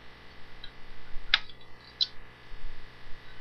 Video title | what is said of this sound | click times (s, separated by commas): Transformers Cybertron Supreme Starscream | fold them all the way back, and they lock into place. | 1.3 s, 2.0 s